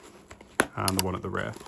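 A white plastic front clip on the cheek pad of a Shoei Neotec 3 helmet is pressed into the helmet shell during reinstallation. Two faint taps at 0.3 s and 0.4 s lead up to a sharp snap at 0.6 s as the clip seats. Then someone talks.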